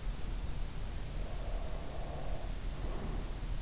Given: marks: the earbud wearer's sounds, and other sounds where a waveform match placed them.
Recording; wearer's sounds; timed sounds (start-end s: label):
sounds in sleep by an in-ear microphone; breath
1.08-3.49 s: breath